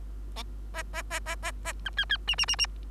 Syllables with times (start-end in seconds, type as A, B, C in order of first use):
0.74-0.83 A, 0.93-1.02 A, 1.10-1.20 A, 1.26-1.35 A, 1.42-1.51 A, 1.64-1.73 A, 1.85-1.90 B, 1.97-2.05 C, 2.09-2.17 C, 2.27-2.35 D, 2.38-2.45 D, 2.48-2.56 D, 2.58-2.66 D